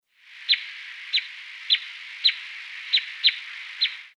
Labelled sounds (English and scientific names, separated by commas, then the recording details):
Red Crossbill (Loxia curvirostra)
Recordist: Tembrock, Günter
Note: Rufe